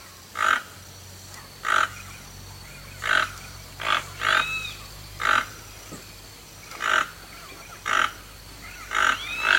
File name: canto do tucano toco